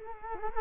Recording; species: mosquito wingbeat signal from an infrared sensor; Culex quinquefasciatus